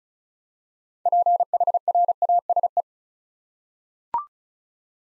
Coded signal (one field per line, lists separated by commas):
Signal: Morse code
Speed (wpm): 36 wpm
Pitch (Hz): 700 Hz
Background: none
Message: PHRASE